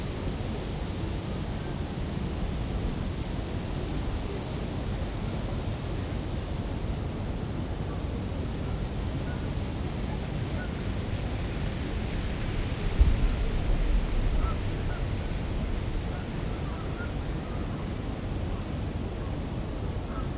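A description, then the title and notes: Midday outdoor ambience in a London garden, dominated by a steady, dense low rumble like city traffic that never lets up. A faint airy hiss sits on top, and a brief, slightly louder swell passes around the thirteen-second mark. London. Boundary Gardens. Noon.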